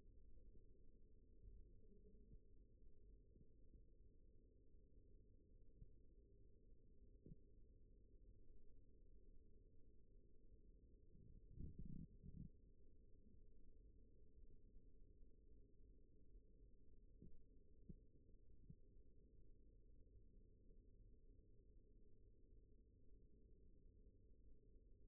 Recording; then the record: forearm muscle sounds (acoustic myography)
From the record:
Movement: rest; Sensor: system 1, eight BSWA MPA416 microphones around the upper forearm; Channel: 4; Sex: male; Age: 42 years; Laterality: right